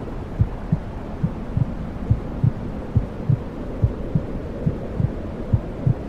Womb sounds heart beat.